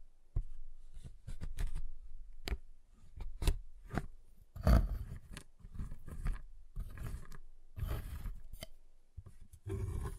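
Sharp snaps and taps on a giant chocolate bar come in quick irregular bursts, each a bright crisp crack with a low thud beneath. Around the middle and near the end, longer rough crunching passages run for a second or more.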